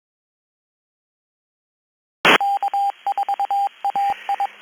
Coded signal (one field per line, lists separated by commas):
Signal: Morse code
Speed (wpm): 22 wpm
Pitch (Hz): 800 Hz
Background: none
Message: K4AI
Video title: Lake County Florida Amateur Radio Association Info Net 2026 04 08 19 00 04